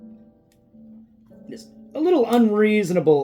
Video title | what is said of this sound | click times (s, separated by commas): AotP Superion: Howto Combine from the blind perspective | how much work you got to put into this to lock that joint there into place. And it just refuses. | none